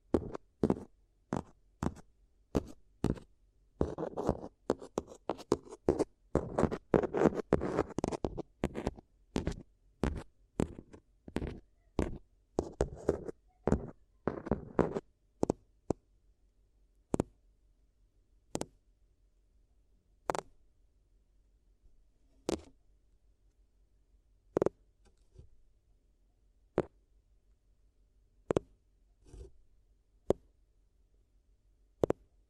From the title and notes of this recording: ASMR If You Had Paper Ears (No Talking).